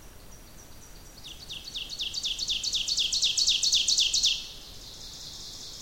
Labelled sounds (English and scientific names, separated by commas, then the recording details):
Ovenbird (Seiurus aurocapilla) song
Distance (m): 25 m
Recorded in boreal forest in Alberta, Canada, on 2 June 2016 at 07:11
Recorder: SongMeter 3, array SBT-3-7
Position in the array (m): 278 m, 34 m
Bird 10